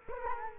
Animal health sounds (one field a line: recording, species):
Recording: mosquito wingbeat signal from an infrared sensor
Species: Culex quinquefasciatus